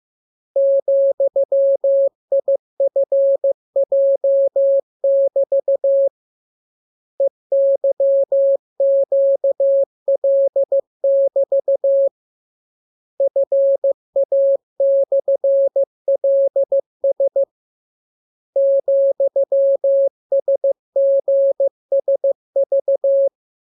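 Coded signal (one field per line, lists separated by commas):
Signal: Morse code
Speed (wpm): 15 wpm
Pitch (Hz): 550 Hz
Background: none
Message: ,IFJ<BT> EYQL<BT> FA/LS ,SGSV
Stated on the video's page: Morse lesson 26 on letters, numbers and punctuation, with each radiogram opened by VVV and a section sign and closed by AR.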